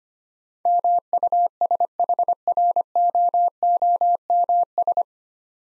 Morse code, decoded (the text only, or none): MUSHROOMS